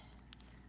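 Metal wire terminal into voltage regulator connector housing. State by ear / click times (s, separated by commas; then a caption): seated / 0.3 s. A metal wire terminal is pushed into the plastic voltage regulator connector housing of a 1998–2005 Mercedes W163 ML350/ML500 alternator. A faint, sharp snap is heard at 0.3 s, followed by a softer tick just after, over a steady low hum. The terminal is seated in the connector.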